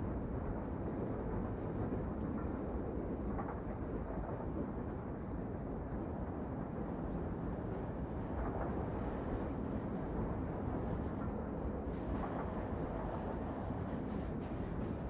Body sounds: background sound without coughing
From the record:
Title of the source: Train Ride Ambience ambient white noise for sleeping, focus, studying, reading

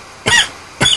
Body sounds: coughing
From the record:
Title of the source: Dry Afternoon Cough

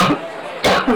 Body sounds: coughing mixed with background sound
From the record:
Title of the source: Barking cough - # 10

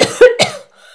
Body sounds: coughing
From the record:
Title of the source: Coughing Woman Sound - Woman Cough Sound Effect

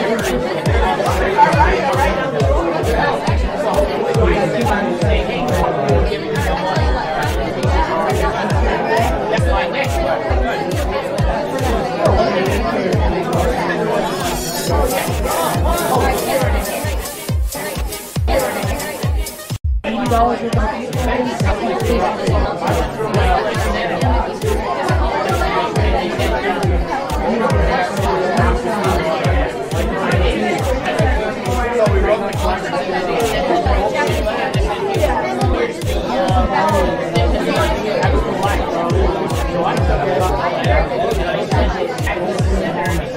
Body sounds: background sound without coughing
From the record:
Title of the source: Nightlife Party Simulating Party Club Noise 1 Hour

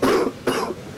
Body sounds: coughing mixed with background sound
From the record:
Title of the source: Coughing 77

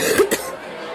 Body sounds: coughing mixed with background sound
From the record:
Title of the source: 30 Chesty and wet cough

